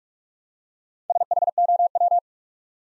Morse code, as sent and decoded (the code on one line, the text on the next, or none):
... .... --- .--
SHOW